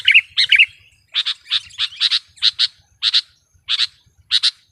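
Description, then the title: Sooty-headed bulbul opens with a few quick warbled notes, then gives a series of short harsh notes, often doubled, with short gaps between. "kutilang"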